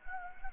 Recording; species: mosquito wingbeat signal from an infrared sensor; Anopheles gambiae